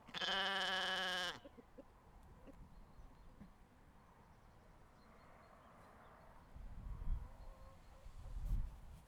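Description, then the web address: Sheep bleating: one long, steady, nasal bleat lasting over a second, followed by quiet rustling and a few soft low thumps. Recorded outdoors. "Animal Moutons - Plein Air"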